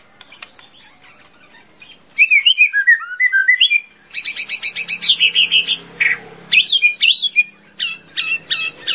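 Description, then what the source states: Bird song in quick twittering phrases with rolling notes, a loud chattering run and a series of sharp chips, over a faint low hum. Described as a complete 'masteran' birdsong compilation.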